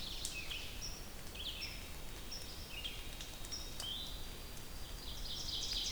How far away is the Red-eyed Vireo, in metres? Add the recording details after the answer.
about 70 m. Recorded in boreal forest in Alberta, Canada, on 2 June 2016 at 06:39. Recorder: SongMeter 3, array SBT-3-7. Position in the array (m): 117 m, 159 m